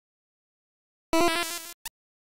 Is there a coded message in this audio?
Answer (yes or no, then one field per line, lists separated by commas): no